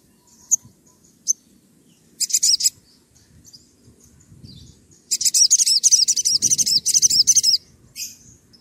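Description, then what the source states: Oriental magpie-robin song: a few isolated high chirps, a short burst of rapid notes, then a longer fast run of repeated arched whistled notes. Persistently singing bird; recording used as a lure to provoke other birds of its kind into answering.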